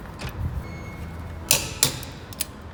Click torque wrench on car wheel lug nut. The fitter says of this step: when you see a ring click sound that means the set torque is reached